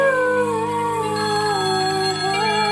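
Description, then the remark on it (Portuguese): A telephone rings with a steady electronic ringtone, layered sustained tones that waver slightly in pitch and hold at an even, loud level for a few seconds, with no voices. “Por telefone, a mãe fica sabendo do acidente do filho.”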